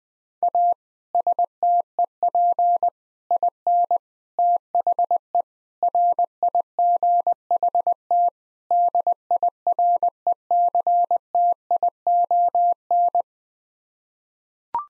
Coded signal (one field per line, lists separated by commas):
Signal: Morse code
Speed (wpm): 20 wpm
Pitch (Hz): 700 Hz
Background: none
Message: A STEP IN THE RIGHT DIRECTION